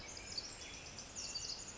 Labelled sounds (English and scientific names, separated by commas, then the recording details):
Pacific Wren (Troglodytes pacificus)
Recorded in Sonoma County, California